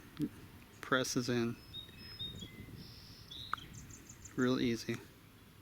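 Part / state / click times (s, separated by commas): fuel solenoid into chainsaw carburetor / not seated / none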